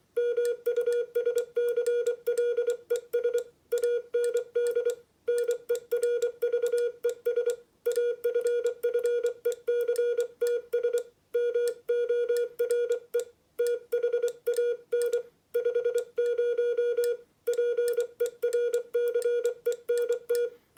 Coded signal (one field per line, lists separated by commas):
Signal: Morse code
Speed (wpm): 24 wpm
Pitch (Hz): 480 Hz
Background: music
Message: MUSCLES AND NERVES AFFECTS MORE THAN 50 PERCENT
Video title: Morse Code Practice with RA1AOM Paddle